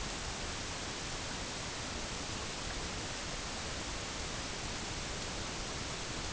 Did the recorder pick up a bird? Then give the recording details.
no. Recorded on Arctic tundra, site EABA-MC, on 22 June 2019. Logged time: 08:00